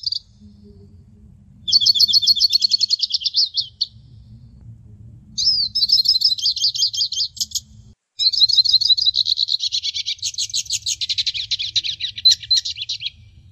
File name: hooded siskin